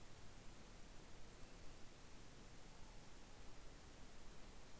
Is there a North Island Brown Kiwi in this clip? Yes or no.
no